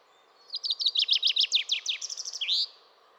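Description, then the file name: Common chaffinch song phrase: a quick series of chipping notes closing with an emphatic flourish. "Fringilla coelebs"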